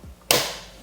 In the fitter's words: wait for the click